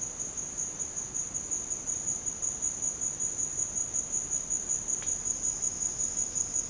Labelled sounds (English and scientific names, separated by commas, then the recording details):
none
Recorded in secondary vegetation near Puerto Asís, Putumayo, Colombia, on 13 March 2025 at 12:30
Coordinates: 0.485, -76.322
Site G040